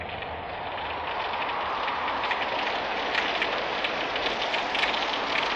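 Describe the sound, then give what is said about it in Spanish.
Steady rain pours down onto a surface on a stormy night, a dense hiss of countless drops with scattered brighter pattering, holding an even, fairly loud level throughout with no voices. “Y llovió.”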